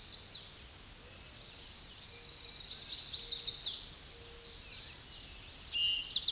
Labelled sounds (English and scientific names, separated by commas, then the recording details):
Chestnut-sided Warbler (Setophaga pensylvanica) song
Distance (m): 15 m
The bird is about 5 m above the microphone
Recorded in a Pennsylvania forest on 16 May 2024 at 07:42
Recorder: AudioMoth, point MSD-2257
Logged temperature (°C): 16.0 °C
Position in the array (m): 172 m, 177 m